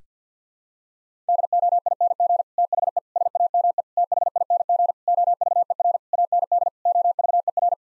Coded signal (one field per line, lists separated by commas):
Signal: Morse code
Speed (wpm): 50 wpm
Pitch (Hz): 700 Hz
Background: none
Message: DOING THE SAME THING OVER AND OVER